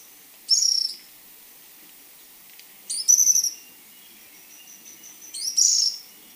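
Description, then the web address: Bronze-olive pygmy-tyrant giving three high, buzzy notes, spaced roughly every two and a half seconds against a quiet background. Ecuador. "Birds of Ecuador. Bronze-olive Pygmy-Tyrant"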